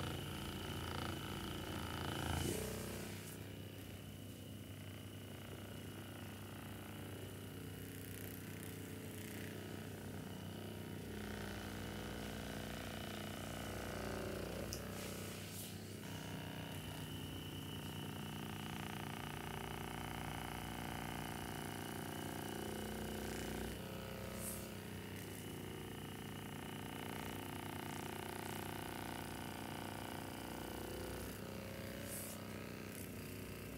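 A handheld body massager runs with a steady low motor hum and buzz throughout, its pitch shifting slightly, with occasional brief bumps and clicks.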